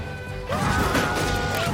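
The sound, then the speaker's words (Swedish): A sudden heavy crash of a plane crash-landing bursts in after a brief quiet hum, then a loud, rumbling clatter of impact and grinding debris continues to the end. “Den tråkiga är att vi kraschlandar.”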